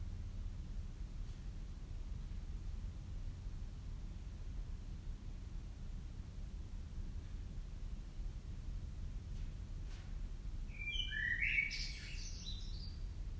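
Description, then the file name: Common blackbird song: a single brief phrase of fluted notes ending in a high scratchy flourish, late in a long stretch of quiet low rumble. "Turdus merula"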